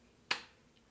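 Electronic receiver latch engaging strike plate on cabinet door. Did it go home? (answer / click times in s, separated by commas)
yes / 0.3 s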